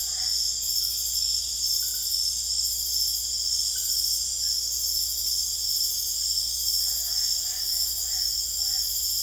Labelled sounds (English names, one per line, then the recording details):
none
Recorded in secondary vegetation near Puerto Asís, Putumayo, Colombia, on 20 December 2024 at 22:30
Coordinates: 0.488, -76.319
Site GP04